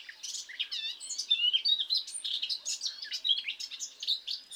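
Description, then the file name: Eurasian blackcap, a fast, dense warble of twittering and scratchy notes pouring out steadily and without pause. "Sylvia atricapilla"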